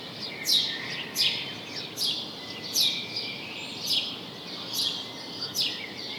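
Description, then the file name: House sparrow calls: sharp chirps coming about once a second, some softer notes between them. "Passer domesticus"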